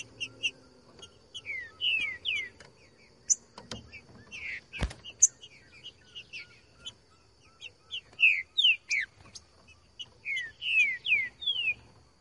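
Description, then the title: Green-winged Saltator song of repeated downward-sweeping whistles, varying in loudness, with a sharp knock. Singing in the bush; recording used to make a trinca-ferro sing and to warm it up (esquentar); song type 'voz 10'. "Canto De Trinca Ferro Voz 10. TRINCA FERRO CANTANDO NO MATO. ESQUENTAR TRINCA FERRO"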